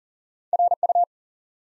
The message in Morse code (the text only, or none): RU